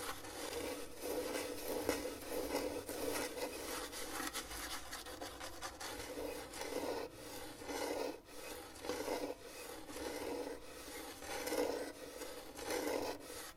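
Scratching fills all fourteen seconds as a dense, dry rasping that never stops, swelling and easing in uneven strokes. Short sharp clicks and flicks pepper the sound every second or so, and a rubbing hiss runs underneath throughout.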